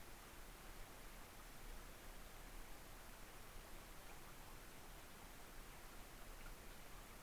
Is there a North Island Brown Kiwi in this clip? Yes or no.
no